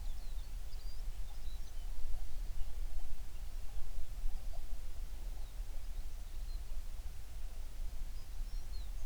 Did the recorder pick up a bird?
yes